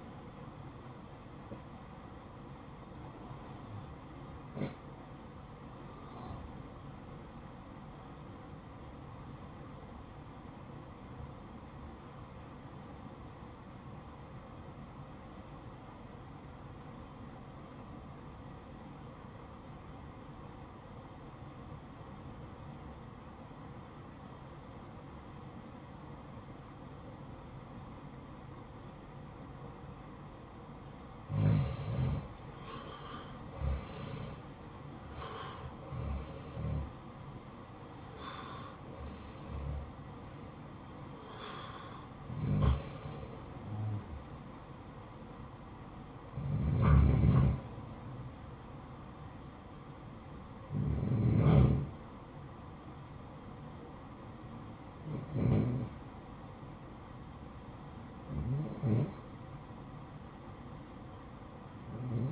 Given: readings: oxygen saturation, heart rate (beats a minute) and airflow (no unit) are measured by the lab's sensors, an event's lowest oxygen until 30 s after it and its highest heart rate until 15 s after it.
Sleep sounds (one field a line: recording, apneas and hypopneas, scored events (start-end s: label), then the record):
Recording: breathing in sleep by a smartphone at the bedside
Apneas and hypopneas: 1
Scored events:
3.00-30.40 s: obstructive apnea (REM, oxygen 95% highest, then 84% lowest, heart rate 61 at the start, 79 highest)
32.00-62.31 s: new sleep stage, N1 (lightest sleep)
From the record:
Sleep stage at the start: REM sleep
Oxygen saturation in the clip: 84 to 95%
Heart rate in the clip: 58 to 79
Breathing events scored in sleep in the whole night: 573 in 9.8 hours asleep